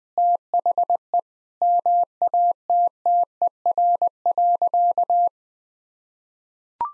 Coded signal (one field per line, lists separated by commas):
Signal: Morse code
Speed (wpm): 20 wpm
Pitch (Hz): 700 Hz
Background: none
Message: THE MATTER.